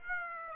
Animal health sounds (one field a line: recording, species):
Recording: mosquito wingbeat signal from an infrared sensor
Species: Aedes aegypti